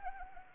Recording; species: mosquito wingbeat signal from an infrared sensor; Anopheles arabiensis